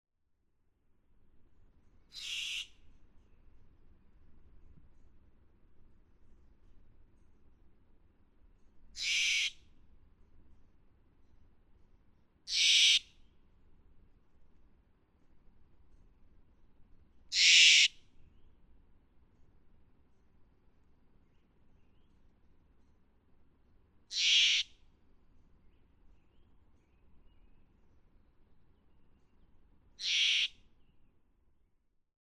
Steller's Jay call recorded at Hollowell Park in Rocky Mountain National Park.